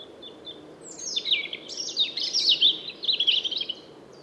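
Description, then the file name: European robin singing a rapid, high, tinkling phrase of sliding and warbled notes that runs for about three seconds, with a quiet background hiss. "Erithacus rubecula"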